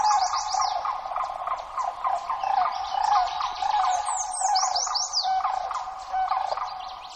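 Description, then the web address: Sandhill crane gives rolling, rattling bugle calls that run on without a break, with high chirping songbirds calling above. Alaska, 26 May 2015, 06:04 in the morning. "alaska acoustic highlights BIRDS DENAMURI 20150526 060431 Sandhill"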